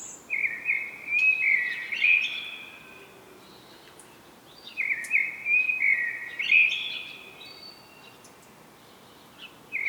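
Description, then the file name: Common blackbird song: two rich, whistled warbling phrases separated by a pause, each closing with a higher twitter, the start of another at the end, and faint high chirps in the background. "Turdus merula"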